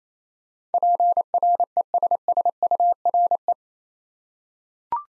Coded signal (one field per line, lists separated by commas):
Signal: Morse code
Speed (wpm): 28 wpm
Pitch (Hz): 700 Hz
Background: none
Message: PRESSURE